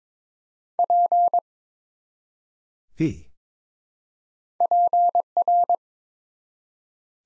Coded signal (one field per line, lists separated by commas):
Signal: Morse code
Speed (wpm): 22 wpm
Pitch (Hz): 700 Hz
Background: none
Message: P PR